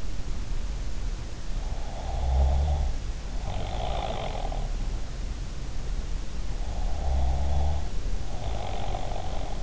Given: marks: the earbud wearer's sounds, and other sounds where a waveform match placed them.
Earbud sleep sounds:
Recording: sounds in sleep by an in-ear microphone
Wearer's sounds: snoring breath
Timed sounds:
1.90-4.90 s: snoring breath
6.82-9.63 s: snoring breath

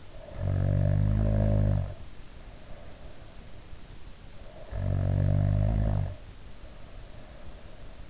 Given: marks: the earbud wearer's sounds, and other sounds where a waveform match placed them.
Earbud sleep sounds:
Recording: sounds in sleep by an in-ear microphone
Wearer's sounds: snoring breath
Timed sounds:
0.00-3.36 s: snoring breath
4.39-7.94 s: snoring breath

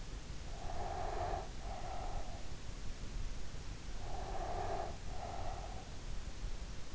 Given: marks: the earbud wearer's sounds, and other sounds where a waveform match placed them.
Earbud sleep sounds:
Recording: sounds in sleep by an in-ear microphone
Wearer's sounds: breath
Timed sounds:
0.51-2.55 s: breath
3.99-5.87 s: breath

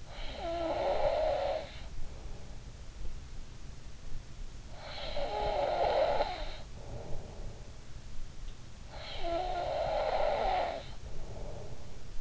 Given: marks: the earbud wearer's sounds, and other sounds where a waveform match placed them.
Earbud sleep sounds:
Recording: sounds in sleep by an in-ear microphone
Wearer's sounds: snoring breath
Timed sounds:
0.00-2.60 s: snoring breath
4.71-7.63 s: snoring breath
8.90-12.21 s: snoring breath

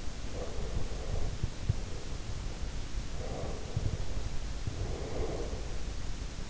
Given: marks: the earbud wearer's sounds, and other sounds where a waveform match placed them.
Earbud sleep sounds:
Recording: sounds in sleep by an in-ear microphone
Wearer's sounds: breath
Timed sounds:
0.00-1.43 s: breath
3.18-5.98 s: breath

